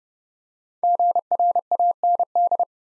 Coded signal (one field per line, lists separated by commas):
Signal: Morse code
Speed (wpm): 30 wpm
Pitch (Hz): 700 Hz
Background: none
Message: GRAND